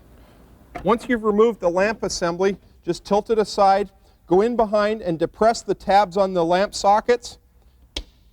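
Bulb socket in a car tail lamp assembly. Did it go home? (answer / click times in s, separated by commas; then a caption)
released / 8.0 s. Someone talks while the removed car tail lamp assembly is tilted aside and the tabs on its plastic bulb socket are pressed in from behind, so the socket can be turned a quarter turn and taken out. A sharp click is heard at 8.0 s as the socket tabs click free, releasing the socket.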